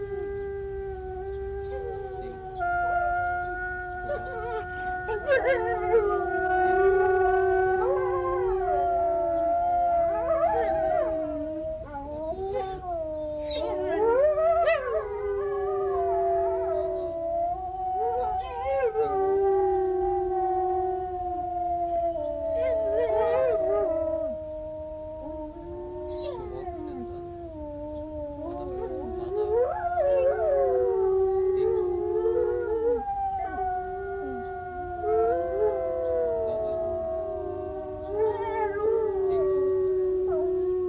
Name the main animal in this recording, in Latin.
Canis lupus